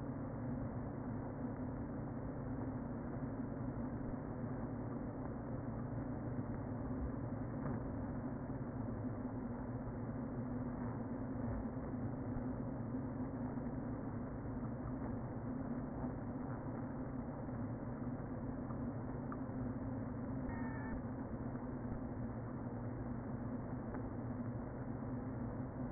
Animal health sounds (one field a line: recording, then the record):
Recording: honeybee colony, microphone inside the hive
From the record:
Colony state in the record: queen present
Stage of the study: before two queens were removed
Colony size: about 60,000 bees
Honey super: yes